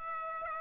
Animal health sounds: mosquito wingbeat signal from an infrared sensor; Aedes aegypti

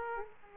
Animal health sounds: mosquito wingbeat signal from an infrared sensor; Aedes aegypti

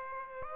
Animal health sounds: mosquito wingbeat signal from an infrared sensor; Aedes aegypti

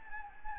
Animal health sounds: mosquito wingbeat signal from an infrared sensor; Anopheles gambiae

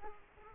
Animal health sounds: mosquito wingbeat signal from an infrared sensor; Culex quinquefasciatus

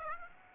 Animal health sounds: mosquito wingbeat signal from an infrared sensor; Aedes aegypti

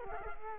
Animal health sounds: mosquito wingbeat signal from an infrared sensor; Culex quinquefasciatus

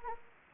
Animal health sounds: mosquito wingbeat signal from an infrared sensor; Anopheles gambiae

